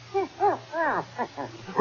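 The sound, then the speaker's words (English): A dog wearing a keg of brandy around its neck lets out five short, tonal barks in quick, uneven succession, each rising then falling in pitch, with a steady low hum running underneath. “Oh, it's only a dog.”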